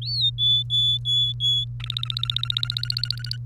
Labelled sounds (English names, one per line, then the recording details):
Domestic Canary song
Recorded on 30 April 2018 at 16:45
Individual llb3